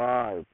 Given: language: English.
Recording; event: throat vibration sensor signal played as sound; speech